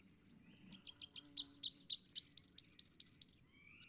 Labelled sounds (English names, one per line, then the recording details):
Rufous-capped Warbler song
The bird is a male
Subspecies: rufifrons
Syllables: 24
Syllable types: 7
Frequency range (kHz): 2.5-7.8 kHz
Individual CS-R07-M